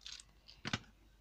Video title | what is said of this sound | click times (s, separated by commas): Review 06 Studio Series Offroad (jeep) Bumblebee (French) | Dans ce sens-là, vous le mettez, dans ce sens-là, vous le mettez bien et ça se clipse normalement. | 0.7 s